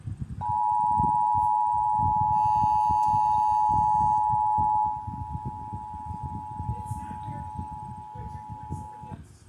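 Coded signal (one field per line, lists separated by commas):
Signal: Emergency Alert System (SAME) tones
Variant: 853 and 960 Hz attention tone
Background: speech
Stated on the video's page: 2021 National EAS Test received on an ATMOS800 weather radio.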